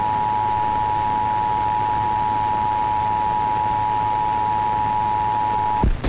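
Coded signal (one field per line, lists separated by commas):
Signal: Emergency Alert System (SAME) tones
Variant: 853 and 960 Hz attention tone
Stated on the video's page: Pennsylvania CAP weekly test received from an FM broadcast station.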